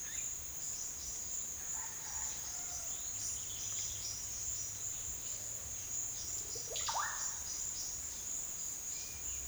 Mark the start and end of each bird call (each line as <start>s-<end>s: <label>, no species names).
1.62s-4.28s: bird call
6.42s-7.21s: bird call